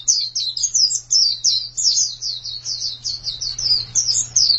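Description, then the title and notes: White-eye singing a rapid, high-pitched warbling twitter in loose bursts, with a faint low hum behind. "Suara kicauan burung pleci"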